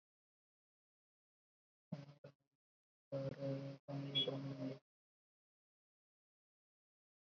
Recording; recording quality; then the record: counting at a fast pace; poor, much background noise or distortion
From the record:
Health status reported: recovered from COVID-19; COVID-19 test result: negative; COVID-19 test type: RT-PCR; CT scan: not taken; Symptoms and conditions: cough, fever, fatigue, muscle pain, asthma, hypertension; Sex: male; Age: 40 years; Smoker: yes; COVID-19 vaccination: both doses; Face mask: worn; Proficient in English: yes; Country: India